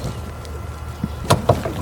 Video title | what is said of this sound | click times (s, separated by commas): Saturn Sky - Engine Overheats intermittently, Customer Says The Heat Stopped Working - Diag & Repair | I hope you can hear the torque wrench click. | 1.3 s, 1.5 s